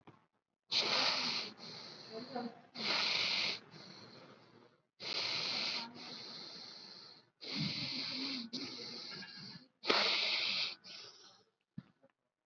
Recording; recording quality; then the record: deep breathing; excellent, no background noise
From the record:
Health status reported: COVID-19 positive, mild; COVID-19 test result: positive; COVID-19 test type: RT-PCR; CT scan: taken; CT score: 9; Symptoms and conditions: cough, cold, sore throat, fever, fatigue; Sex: male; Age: 35 years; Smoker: no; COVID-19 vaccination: one dose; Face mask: worn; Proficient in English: yes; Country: India